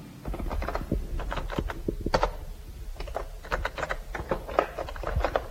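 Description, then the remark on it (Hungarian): Steady typing on a standard computer keyboard, a brisk, uneven stream of sharp plastic key clicks and taps with occasional heavier strokes, continuous throughout with no voices. “Eddig a hallgatók a normális számítógép billentyűzet hangját hallották, ilyet már biztos mindenki nagyon sokat hall, sőt maga is tud generálni”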